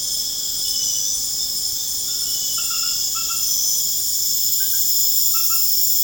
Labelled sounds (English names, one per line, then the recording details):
none
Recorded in pastures near Puerto Asís, Putumayo, Colombia, on 29 June 2025 at 21:00
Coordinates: 0.496, -76.326
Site GP01